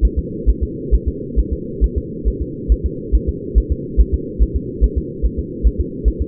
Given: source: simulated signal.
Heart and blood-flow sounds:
fetal heart sounds
0.05 s: S1
0.19 s: S2
0.49 s: S1
0.63 s: S2
0.94 s: S1
1.08 s: S2
1.39 s: S1
1.53 s: S2
1.84 s: S1
1.98 s: S2
2.28 s: S1
2.42 s: S2
2.72 s: S1
2.86 s: S2
3.15 s: S1
3.29 s: S2
3.58 s: S1
3.72 s: S2
4.00 s: S1
4.14 s: S2
4.42 s: S1
4.56 s: S2
4.84 s: S1
4.98 s: S2
5.25 s: S1
5.39 s: S2
5.67 s: S1
5.80 s: S2
6.08 s: S1
6.22 s: S2
From the record:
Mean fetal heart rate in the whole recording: 140 bpm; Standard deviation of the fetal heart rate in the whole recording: 2 bpm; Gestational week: 34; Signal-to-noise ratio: -4.1 dB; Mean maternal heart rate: no maternal heart sound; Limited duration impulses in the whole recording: absent

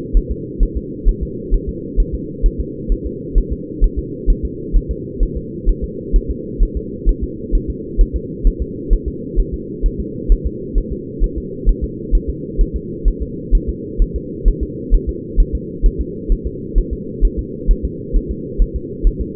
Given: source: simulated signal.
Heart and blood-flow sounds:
fetal heart sounds
0.17 s: S1
0.31 s: S2
0.63 s: S1
0.77 s: S2
1.09 s: S1
1.23 s: S2
1.54 s: S1
1.69 s: S2
2.00 s: S1
2.15 s: S2
2.46 s: S1
2.61 s: S2
2.92 s: S1
3.06 s: S2
3.38 s: S1
3.53 s: S2
3.84 s: S1
3.99 s: S2
4.30 s: S1
4.45 s: S2
4.77 s: S1
4.91 s: S2
5.23 s: S1
5.37 s: S2
5.69 s: S1
5.84 s: S2
6.16 s: S1
6.31 s: S2
6.63 s: S1
6.77 s: S2
7.09 s: S1
7.24 s: S2
7.55 s: S1
7.70 s: S2
8.01 s: S1
8.16 s: S2
8.47 s: S1
8.62 s: S2
8.93 s: S1
9.08 s: S2
9.40 s: S1
9.54 s: S2
9.86 s: S1
10.00 s: S2
10.32 s: S1
10.47 s: S2
10.78 s: S1
10.93 s: S2
11.24 s: S1
11.38 s: S2
11.69 s: S1
11.84 s: S2
12.15 s: S1
12.30 s: S2
12.61 s: S1
12.76 s: S2
13.08 s: S1
13.22 s: S2
13.55 s: S1
13.69 s: S2
14.02 s: S1
14.16 s: S2
14.48 s: S1
14.63 s: S2
14.94 s: S1
15.09 s: S2
15.40 s: S1
15.55 s: S2
15.86 s: S1
16.01 s: S2
16.32 s: S1
16.47 s: S2
16.78 s: S1
16.93 s: S2
17.25 s: S1
17.39 s: S2
17.71 s: S1
17.85 s: S2
18.16 s: S1
18.31 s: S2
18.62 s: S1
18.76 s: S2
19.07 s: S1
19.21 s: S2
From the record:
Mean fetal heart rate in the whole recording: 130 bpm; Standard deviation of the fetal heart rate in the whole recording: 2 bpm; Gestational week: 38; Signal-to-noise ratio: -4.1 dB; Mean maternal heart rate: no maternal heart sound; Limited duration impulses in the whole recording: absent

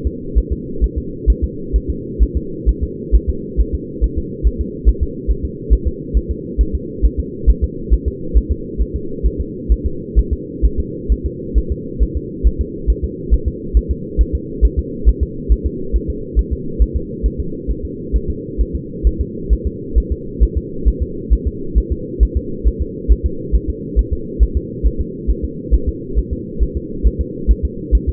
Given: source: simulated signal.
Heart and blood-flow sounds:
fetal heart sounds
0.07 s: S2
0.38 s: S1
0.52 s: S2
0.84 s: S1
0.98 s: S2
1.30 s: S1
1.44 s: S2
1.76 s: S1
1.90 s: S2
2.23 s: S1
2.37 s: S2
2.69 s: S1
2.83 s: S2
3.15 s: S1
3.30 s: S2
3.60 s: S1
3.75 s: S2
4.04 s: S1
4.18 s: S2
4.47 s: S1
4.61 s: S2
4.89 s: S1
5.03 s: S2
5.31 s: S1
5.45 s: S2
5.73 s: S1
5.88 s: S2
6.17 s: S1
6.31 s: S2
6.61 s: S1
6.75 s: S2
7.05 s: S1
7.20 s: S2
7.50 s: S1
7.64 s: S2
7.94 s: S1
8.08 s: S2
8.37 s: S1
8.52 s: S2
8.81 s: S1
8.96 s: S2
9.26 s: S1
9.41 s: S2
9.72 s: S1
9.86 s: S2
10.19 s: S1
10.33 s: S2
10.65 s: S1
10.80 s: S2
11.12 s: S1
11.26 s: S2
11.58 s: S1
11.72 s: S2
12.03 s: S1
12.17 s: S2
12.47 s: S1
12.61 s: S2
12.90 s: S1
13.04 s: S2
13.33 s: S1
13.48 s: S2
13.77 s: S1
13.91 s: S2
14.21 s: S1
14.35 s: S2
14.65 s: S1
14.79 s: S2
15.08 s: S1
15.23 s: S2
15.52 s: S1
15.66 s: S2
15.96 s: S1
16.10 s: S2
16.39 s: S1
16.53 s: S2
16.82 s: S1
16.97 s: S2
17.26 s: S1
17.40 s: S2
17.70 s: S1
17.85 s: S2
18.16 s: S1
18.30 s: S2
18.61 s: S1
18.75 s: S2
19.07 s: S1
19.21 s: S2
19.53 s: S1
19.67 s: S2
19.98 s: S1
20.12 s: S2
20.43 s: S1
20.57 s: S2
20.88 s: S1
21.02 s: S2
21.33 s: S1
21.47 s: S2
21.78 s: S1
21.92 s: S2
22.23 s: S1
22.37 s: S2
22.67 s: S1
22.82 s: S2
23.12 s: S1
23.26 s: S2
23.55 s: S1
23.70 s: S2
23.99 s: S1
24.13 s: S2
24.43 s: S1
24.57 s: S2
24.86 s: S1
25.01 s: S2
25.30 s: S1
25.45 s: S2
25.74 s: S1
25.89 s: S2
26.18 s: S1
26.33 s: S2
26.63 s: S1
26.77 s: S2
27.07 s: S1
27.21 s: S2
27.51 s: S1
27.65 s: S2
27.95 s: S1
28.09 s: S2
From the record:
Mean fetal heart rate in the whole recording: 135 bpm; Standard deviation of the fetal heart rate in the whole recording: 3 bpm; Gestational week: 34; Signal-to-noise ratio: -4.3 dB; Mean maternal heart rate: 72 bpm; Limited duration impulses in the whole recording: absent

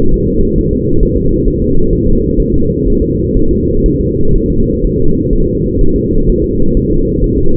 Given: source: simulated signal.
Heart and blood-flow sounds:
fetal heart sounds
0.14 s: S1
0.28 s: S2
0.59 s: S1
0.73 s: S2
1.03 s: S1
1.17 s: S2
1.48 s: S1
1.62 s: S2
1.93 s: S1
2.07 s: S2
2.40 s: S1
2.54 s: S2
2.88 s: S1
3.02 s: S2
3.37 s: S1
3.51 s: S2
3.86 s: S1
4.00 s: S2
4.35 s: S1
4.50 s: S2
4.84 s: S1
4.99 s: S2
5.33 s: S1
5.47 s: S2
5.81 s: S1
5.96 s: S2
6.29 s: S1
6.44 s: S2
6.77 s: S1
6.91 s: S2
7.24 s: S1
7.38 s: S2
From the record:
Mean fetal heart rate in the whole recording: 130 bpm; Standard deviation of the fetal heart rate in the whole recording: 4 bpm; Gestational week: 38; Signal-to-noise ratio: -17.7 dB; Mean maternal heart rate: 72 bpm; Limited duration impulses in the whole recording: present

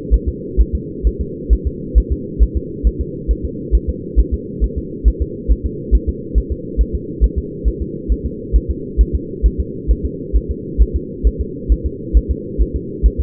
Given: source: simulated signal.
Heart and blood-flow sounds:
fetal heart sounds
0.14 s: S1
0.28 s: S2
0.61 s: S1
0.75 s: S2
1.07 s: S1
1.21 s: S2
1.53 s: S1
1.67 s: S2
1.98 s: S1
2.12 s: S2
2.43 s: S1
2.57 s: S2
2.87 s: S1
3.01 s: S2
3.31 s: S1
3.45 s: S2
3.75 s: S1
3.89 s: S2
4.20 s: S1
4.34 s: S2
4.64 s: S1
4.78 s: S2
5.08 s: S1
5.22 s: S2
5.51 s: S1
5.66 s: S2
5.95 s: S1
6.09 s: S2
6.38 s: S1
6.52 s: S2
6.81 s: S1
6.95 s: S2
7.24 s: S1
7.38 s: S2
7.68 s: S1
7.82 s: S2
8.12 s: S1
8.26 s: S2
8.56 s: S1
8.70 s: S2
9.01 s: S1
9.15 s: S2
9.46 s: S1
9.60 s: S2
9.91 s: S1
10.06 s: S2
10.37 s: S1
10.51 s: S2
10.82 s: S1
10.96 s: S2
11.27 s: S1
11.41 s: S2
11.72 s: S1
11.86 s: S2
12.17 s: S1
12.31 s: S2
12.62 s: S1
12.76 s: S2
13.06 s: S1
13.20 s: S2
From the record:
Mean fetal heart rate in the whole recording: 135 bpm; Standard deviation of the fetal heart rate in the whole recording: 3 bpm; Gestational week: 34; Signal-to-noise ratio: -4.1 dB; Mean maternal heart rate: no maternal heart sound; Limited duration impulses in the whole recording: absent

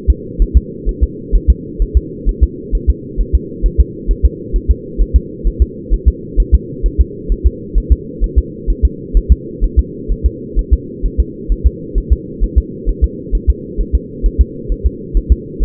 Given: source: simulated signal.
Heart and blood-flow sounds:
fetal heart sounds
0.10 s: S2
0.42 s: S1
0.57 s: S2
0.89 s: S1
1.03 s: S2
1.35 s: S1
1.50 s: S2
1.82 s: S1
1.97 s: S2
2.29 s: S1
2.43 s: S2
2.75 s: S1
2.90 s: S2
3.21 s: S1
3.35 s: S2
3.66 s: S1
3.81 s: S2
4.11 s: S1
4.25 s: S2
4.56 s: S1
4.71 s: S2
5.01 s: S1
5.16 s: S2
5.47 s: S1
5.62 s: S2
5.94 s: S1
6.08 s: S2
6.40 s: S1
6.55 s: S2
6.86 s: S1
7.01 s: S2
7.32 s: S1
7.46 s: S2
7.78 s: S1
7.92 s: S2
8.24 s: S1
8.38 s: S2
8.70 s: S1
8.85 s: S2
9.17 s: S1
9.32 s: S2
9.64 s: S1
9.79 s: S2
10.12 s: S1
10.26 s: S2
10.59 s: S1
10.73 s: S2
11.06 s: S1
11.20 s: S2
11.52 s: S1
11.67 s: S2
11.98 s: S1
12.12 s: S2
12.44 s: S1
12.58 s: S2
12.89 s: S1
13.04 s: S2
13.35 s: S1
13.50 s: S2
13.81 s: S1
13.95 s: S2
14.26 s: S1
14.41 s: S2
14.72 s: S1
14.86 s: S2
15.17 s: S1
15.32 s: S2
15.63 s: S1
From the record:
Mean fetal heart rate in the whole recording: 130 bpm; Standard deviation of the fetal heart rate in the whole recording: 2 bpm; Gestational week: 36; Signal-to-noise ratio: -4.1 dB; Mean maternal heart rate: no maternal heart sound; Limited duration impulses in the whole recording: absent

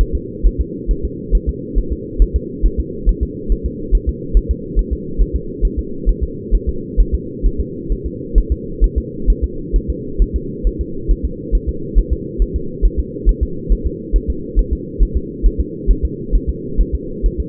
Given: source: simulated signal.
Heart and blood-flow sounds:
fetal heart sounds
0.01 s: S1
0.15 s: S2
0.46 s: S1
0.61 s: S2
0.91 s: S1
1.05 s: S2
1.35 s: S1
1.49 s: S2
1.78 s: S1
1.93 s: S2
2.22 s: S1
2.36 s: S2
2.65 s: S1
2.80 s: S2
3.09 s: S1
3.23 s: S2
3.52 s: S1
3.66 s: S2
3.95 s: S1
4.09 s: S2
4.37 s: S1
4.51 s: S2
4.79 s: S1
4.93 s: S2
5.21 s: S1
5.36 s: S2
5.65 s: S1
5.79 s: S2
6.09 s: S1
6.23 s: S2
6.54 s: S1
6.69 s: S2
7.00 s: S1
7.14 s: S2
7.46 s: S1
7.61 s: S2
7.92 s: S1
8.06 s: S2
8.38 s: S1
8.52 s: S2
8.84 s: S1
8.98 s: S2
9.30 s: S1
9.44 s: S2
9.76 s: S1
9.90 s: S2
10.22 s: S1
10.36 s: S2
10.67 s: S1
10.81 s: S2
11.11 s: S1
11.25 s: S2
11.55 s: S1
11.69 s: S2
11.99 s: S1
12.13 s: S2
12.42 s: S1
12.56 s: S2
12.85 s: S1
13.00 s: S2
13.29 s: S1
13.43 s: S2
13.72 s: S1
13.86 s: S2
14.16 s: S1
14.30 s: S2
14.59 s: S1
14.73 s: S2
15.03 s: S1
15.17 s: S2
15.46 s: S1
15.61 s: S2
15.91 s: S1
16.05 s: S2
16.35 s: S1
16.50 s: S2
16.80 s: S1
16.95 s: S2
17.26 s: S1
17.40 s: S2
From the record:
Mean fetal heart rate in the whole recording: 135 bpm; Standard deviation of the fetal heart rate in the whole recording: 3 bpm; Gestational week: 36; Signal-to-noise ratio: -4.3 dB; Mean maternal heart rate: 72 bpm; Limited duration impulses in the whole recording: absent

